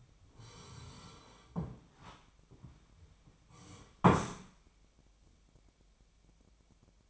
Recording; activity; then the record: daily activity, microphone in the room; sit down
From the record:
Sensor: 1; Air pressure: 1007.9 hPa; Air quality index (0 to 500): 192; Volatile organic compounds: 17 ppm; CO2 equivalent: 2594 ppm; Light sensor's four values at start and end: 13/32/13/14 and 13/32/13/14